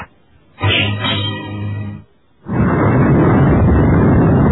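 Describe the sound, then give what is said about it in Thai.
A wavering, voice-like harmonic cry fades to a brief pause, then a sudden thunderclap from a lightning strike bursts in as a loud, dense, crackling roar that holds steady until the end. “ท่านใดนั้นก็เกิดฟ้าผ่าเปรี้ยงลงมาดาบที่กำลังฟันลงมายังคอของท่านพระกุมารกระเด็นหลุดมือไป”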